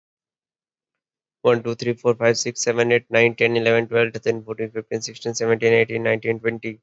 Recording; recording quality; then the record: counting at a normal pace; poor, much background noise or distortion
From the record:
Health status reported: healthy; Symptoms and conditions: none ticked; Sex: male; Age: 26 years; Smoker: not ticked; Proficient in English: yes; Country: India